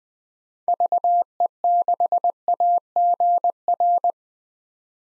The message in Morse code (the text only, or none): VE6AGR